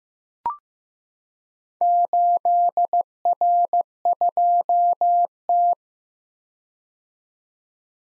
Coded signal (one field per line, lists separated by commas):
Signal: Morse code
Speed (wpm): 15 wpm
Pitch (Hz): 700 Hz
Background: none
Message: 8R2T